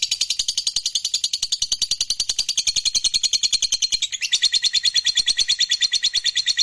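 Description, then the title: Lovebird delivering a rapid, buzzy chatter of high pulses, unbroken, with a brief change in tone partway through. Fighter-type lovebird, singing energetically (gacor). "SUARA Lovebird FIGHTER GACOR"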